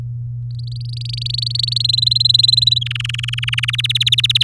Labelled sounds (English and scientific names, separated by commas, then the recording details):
Domestic Canary (Serinus canaria) song
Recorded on 7 May 2018 at 17:11
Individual llb16